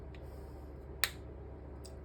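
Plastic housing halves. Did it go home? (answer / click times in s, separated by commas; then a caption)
yes / 1.0 s. Halves of the plastic gearbox housing on a Thunder Tiger MTA4 RC nitro truck are pressed together during reassembly, after a metal spare gear had been smashing the gearbox. One sharp, small snap at 1.0 s shows the housing has seated once fully pressed and lined up, with only faint ticks before and after over a low steady hum.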